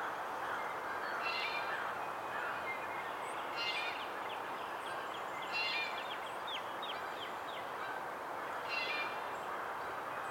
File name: Melanerpes carolinus - Red-bellied Woodpecker